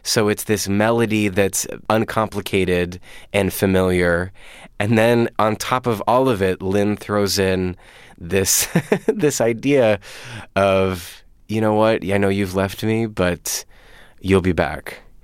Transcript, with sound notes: So it's this melody that's uncomplicated and familiar. And then on top of all of it, Lin throws in this (laughter) idea of, you know what? Yeah, I know you've left me, but you'll be back.